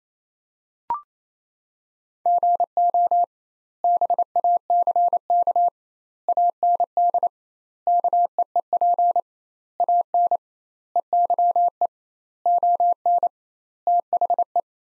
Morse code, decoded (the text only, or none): GO BACK AND KEEP AN EYE ON THE